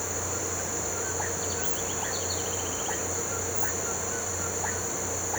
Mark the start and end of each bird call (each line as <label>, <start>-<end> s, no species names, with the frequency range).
bird call (2.3-4.9 kHz), 1.34-3.00 s